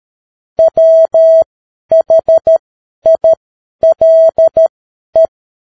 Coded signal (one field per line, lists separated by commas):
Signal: Morse code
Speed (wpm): 13 wpm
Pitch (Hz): 650 Hz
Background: none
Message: WHILE